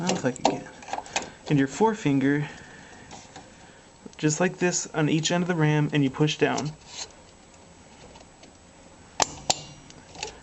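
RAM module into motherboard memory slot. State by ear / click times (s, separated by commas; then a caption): seated / 9.2 s, 9.5 s. Someone talks while a RAM stick is pressed down into a motherboard DIMM slot, with thumb and forefinger on each end of the module. After a quiet pause, two sharp clicks ring out at 9.2 s and 9.5 s as the side retention clips snap in automatically. The RAM module is seated in the slot.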